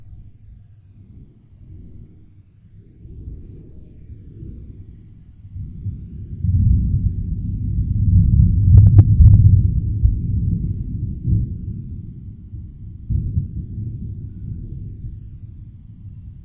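Distant summer thunder rolls as a low, deep rumble, swelling from about six seconds to a peak near nine, then slowly fading before a smaller surge around thirteen. A thin, high buzzing comes and goes faintly at the start, middle and end.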